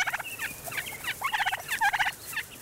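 Wild turkey gobbling in quick rattling bursts.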